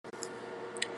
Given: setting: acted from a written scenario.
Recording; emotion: vocal sound without words; ecstasy